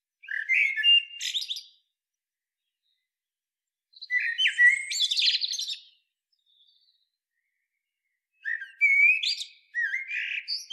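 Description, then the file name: Eurasian blackbird singing: three separate phrases, each a low fluting warble running into a squeaky, high twitter, with quiet pauses of about two to two and a half seconds between them. "Turdus merula"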